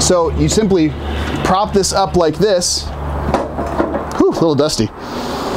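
Someone talks while propping up the fold-down solid entry step of a 2019 Rockwood Geo Pro 14FK lightweight travel trailer with the off-road package; the step rests on the ground so it has no give, and it is held by a metal latch. A short knock sounds at about 3.3 s during the handling. The step has not yet locked into place, and nothing has seated or clicked by the end.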